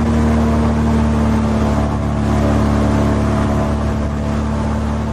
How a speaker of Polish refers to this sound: W tle słyszą Państwo specjalną łódź, która z tyłu ma duże śmigło. Porusza się ona bardzo szybko po tamtejszych bagnach. To charakterystyczny pojazd Narodowego Parku Everglades na Florydzie.